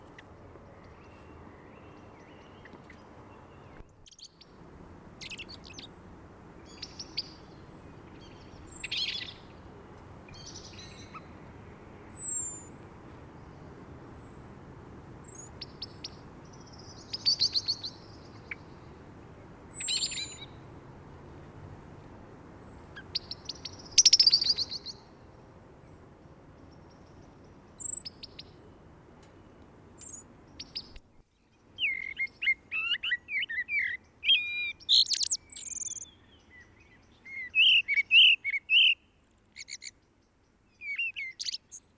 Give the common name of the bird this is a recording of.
Common Blackbird